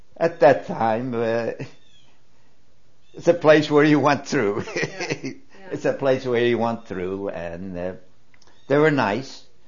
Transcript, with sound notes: at that time it was a place where you went through. ( he laughs ) It's a place where you went through and they were nice.